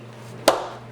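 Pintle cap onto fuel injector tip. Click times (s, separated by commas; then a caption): 0.5 s. A plastic pintle cap is pressed onto the tip of a rebuilt BMW E36 fuel injector by pushing it down against the work surface. Over a low steady hum, one sharp snap sounds at 0.5 s and rings out briefly. The cap is seated, having snapped into place twice.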